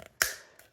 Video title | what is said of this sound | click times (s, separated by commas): Bought an $800 MICROSCOPE for RC Parts Quality Investigation | there you go clicks into place all right so here we go | 0.2 s